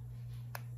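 A Vaonis Stellina telescope battery is placed curved edges down into its charging cradle and pressed gently, snapping in with one sharp click at 0.6 s over a steady low hum. The battery is seated and charging.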